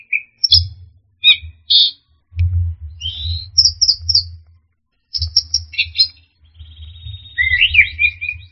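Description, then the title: Orange-headed thrush delivering a mix of sharp chirps, tumbling whistles and a drawn-out descending warble, with frequent low rumbling noise underneath. "anis merah"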